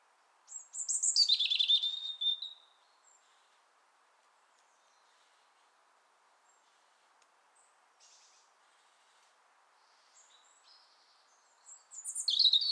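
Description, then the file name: European robin song: one sweet, high, descending warbled phrase near the start, a long near-silent gap, and another phrase beginning at the very end. "Erithacus rubecula"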